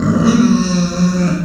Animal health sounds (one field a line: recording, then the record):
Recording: squeal of a Yucatan mini pig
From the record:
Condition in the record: after surgery on the right vocal fold (resection and tissue-engineered implant)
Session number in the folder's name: 9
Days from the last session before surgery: 65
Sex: female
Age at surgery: 19 weeks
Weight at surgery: 25 kg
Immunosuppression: prednisolone